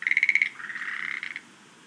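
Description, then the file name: Schlegel's green tree frog giving a short series of sharp clicks followed by a softer rattling trill that fades out. "rodolphe alexis - rhacophorus schlegelii"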